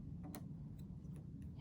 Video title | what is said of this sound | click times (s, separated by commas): Yes and No’s of N2O | you should hear a click | 0.4 s